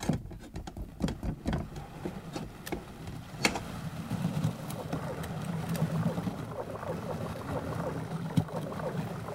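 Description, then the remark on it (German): Submarine ballast tanks flooding as it dives: sharp metallic knocks and clicks at first, then a steady, low gurgling rush of water with bubbling churn that holds to the end. “Tank, fluten.”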